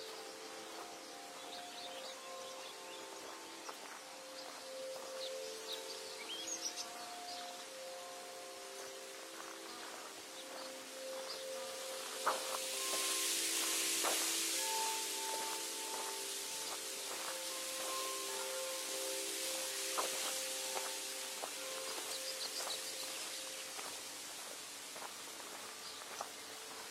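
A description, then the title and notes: Birds sing throughout, with steady held tones and short chirps layered over a constant soft hiss. Scattered ticks and taps come and go. Around the middle a louder, brighter rush of noise swells for a few seconds, then fades back. Idyllic bird singing atmosphere, with the sound of footsteps.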